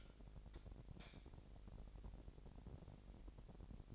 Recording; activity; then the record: daily activity, microphone in the room; light on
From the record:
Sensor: 5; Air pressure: 1012.0 hPa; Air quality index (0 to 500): 248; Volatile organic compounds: 4 ppm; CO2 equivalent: 1700 ppm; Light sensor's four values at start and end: 41/95/40/42 and 42/100/41/44